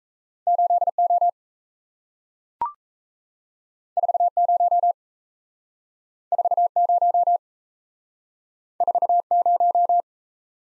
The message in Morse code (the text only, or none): 8O 40 40 40